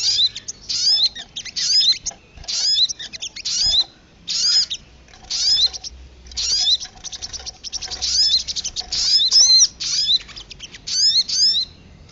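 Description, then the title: Sogok ontong singing in quick high-pitched twittering bursts, some notes sliding upward, coming in uneven clusters with short pauses between, faint low hum beneath. Training song meant for teaching songbirds. "Masteran Burung Sogok Ontong Labaik"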